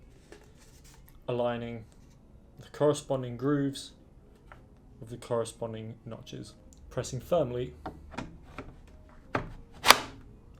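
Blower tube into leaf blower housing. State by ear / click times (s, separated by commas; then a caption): seated / 9.9 s. A plastic blower tube on a Black and Decker garden vacuum and leaf blower has its grooves lined up with the notches on the machine housing and is pressed firmly in while someone talks. Small handling knocks and rubs lead up to a louder knock at 9.4 s. The tube then snaps into place with a sharp, loud click at 9.9 s, seated.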